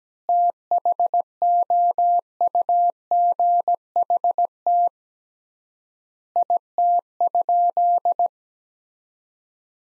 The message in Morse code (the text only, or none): THOUGHT IT?